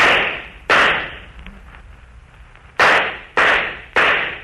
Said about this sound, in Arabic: حراس اضربوا فيهم نار، اطلقوا عليهم رصاص.